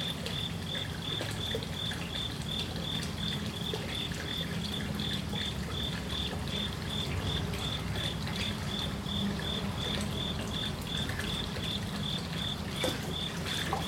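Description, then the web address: Cricket song, short high chirps repeated steadily throughout over babbling water and a low rumbling background. Single cricket singing at night beside a koi pond in a Japanese garden, Magome, Japan; babbling water and distant traffic. "Lynne Music 2 Amb Koi Pond Night Cricket Magome Japan"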